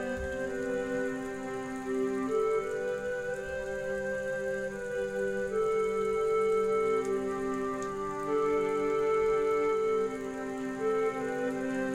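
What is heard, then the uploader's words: Slow, gentle music of panpipes and strings holds long, sustained notes, with the melody shifting only every couple of seconds. A faint, steady hiss of night rain sits beneath it, and the loudness stays even throughout. Relaxing night rain alongside relaxing panpipes and strings. Night rain and music.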